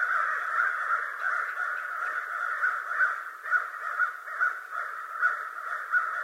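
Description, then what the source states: American crow cawing, a steady string of hoarse caws amid other crows calling. Recorded on 25 November 2011.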